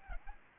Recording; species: mosquito wingbeat signal from an infrared sensor; Aedes albopictus